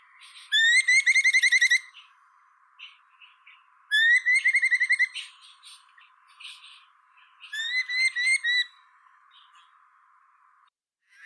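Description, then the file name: Merlin chattering in rapid ki-ki-ki series, three bursts about a second long each, spaced roughly every three and a half seconds, with faint scattered chirps between them. "Falco columbarius"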